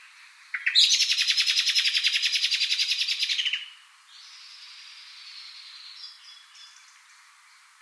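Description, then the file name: Common blackbird giving a harsh, rapid rattling chatter of many quick notes lasting about three seconds, then quieter background hiss. "Turdus merula"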